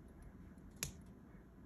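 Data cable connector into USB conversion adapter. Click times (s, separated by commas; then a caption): 0.8 s. The other end of a data cable is plugged into a USB conversion head, and a single sharp click at 0.8 s shows the connector has seated. Apart from that click, only a low, steady background is heard.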